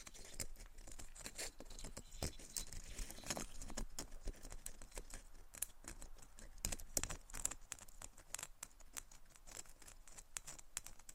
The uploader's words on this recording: ASMR Tapping and Scratching for Sleep (No Talking).